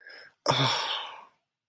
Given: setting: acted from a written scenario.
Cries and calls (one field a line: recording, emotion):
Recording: vocal sound without words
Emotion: sadness